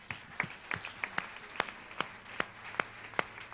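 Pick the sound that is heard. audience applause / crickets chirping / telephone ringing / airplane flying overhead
audience applause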